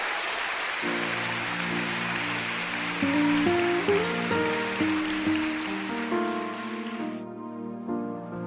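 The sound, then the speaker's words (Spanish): An audience applauds the Lord in a steady, dense wash of clapping for about seven seconds while sustained keyboard chords play underneath; the clapping stops abruptly and the music carries on alone. “Démosle un aplauso al Señor que está haciendo maravilla.”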